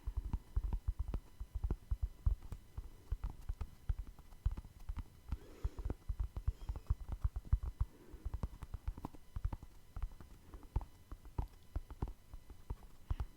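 Quick, irregular tapping runs continuously, dense clusters of sharp low knocks with brief pauses, and a soft rustling smear near the six-second mark.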